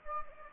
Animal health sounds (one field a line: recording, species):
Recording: mosquito wingbeat signal from an infrared sensor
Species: Anopheles gambiae